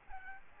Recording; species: mosquito wingbeat signal from an infrared sensor; Aedes aegypti